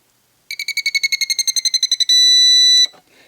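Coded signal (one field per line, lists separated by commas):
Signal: beep code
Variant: Spektrum DX5e transmitter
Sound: about 17 quick chirping beeps, then one long slightly lower-pitched beep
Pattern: 17 short, 1 long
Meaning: Trim is at the bottom end of its travel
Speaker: if you go all the way to the bottom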